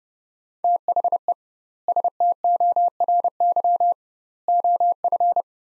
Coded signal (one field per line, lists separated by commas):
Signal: Morse code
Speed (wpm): 30 wpm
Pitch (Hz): 700 Hz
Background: none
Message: THE STORY OF